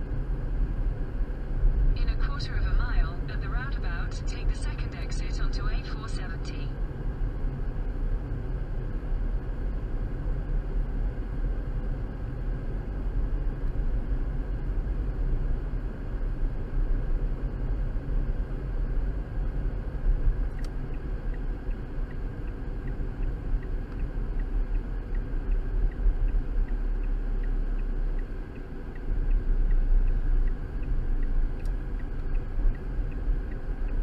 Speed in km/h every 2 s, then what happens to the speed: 44, 44, 44, 44, 44, 44, 45, 45, 45, 45, 44, 42, 37, 34, 29, 24, 21.
0-18 steady at about 44. 18-31 slows to 21.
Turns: none.